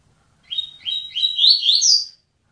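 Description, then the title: Double-collared seedeater singing one quick phrase of sweet, slurred notes that climbs higher toward the end, lasting under two seconds. "Canto Coleiro"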